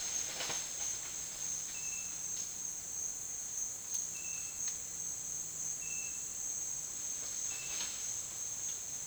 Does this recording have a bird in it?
no